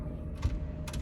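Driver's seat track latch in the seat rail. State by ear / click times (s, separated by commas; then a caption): seated / 0.9 s. A bus driver adjusts the driver's seat position over a low, steady rumble, with a dull thump near 0.4 s. The metal seat-track latch in the seat rail then drops into a detent with two quick, sharp metallic clicks at about 0.9 s. The seat is confirmed locked into place.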